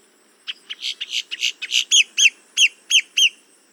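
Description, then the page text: Boat-tailed grackle song: clicks and harsh notes building steadily louder, then five strong whistled upslurs roughly every third of a second. "Paul Marvin - Лодкохвостый гракл (Quiscalus major)"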